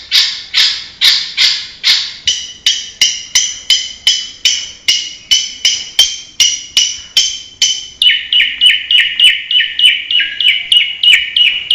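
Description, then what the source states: Long-tailed shrike song: loud, harsh, buzzy notes repeated about three times a second. Later it switches to a faster series of sharper, lower chips. Banyuwangi cendet, full isian, used as a masteran tutor recording.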